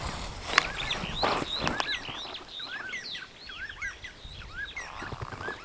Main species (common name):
Superb Starling